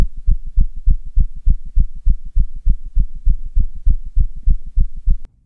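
Tachycardia in an adult heart, heard by stethoscope: a rapid, regular heartbeat of about 200 beats per minute, with low-pitched beats in quick succession.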